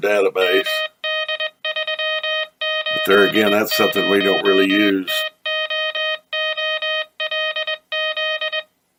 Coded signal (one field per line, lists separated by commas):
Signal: Morse code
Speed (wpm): 21 wpm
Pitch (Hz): 3100 Hz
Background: speech, music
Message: MD380TOOLZ